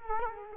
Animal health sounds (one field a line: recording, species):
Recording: mosquito wingbeat signal from an infrared sensor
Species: Culex quinquefasciatus